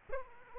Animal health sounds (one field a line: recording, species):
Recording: mosquito wingbeat signal from an infrared sensor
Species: Aedes aegypti